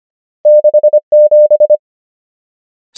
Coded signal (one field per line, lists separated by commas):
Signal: Morse code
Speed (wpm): 25 wpm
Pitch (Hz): 600 Hz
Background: none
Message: 6 7